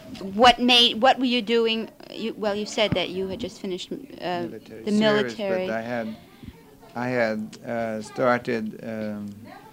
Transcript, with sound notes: what made, what were you doing, well, you said that you had just finished the military. ( voices can be heard in conversation in the background on the tape )
I had started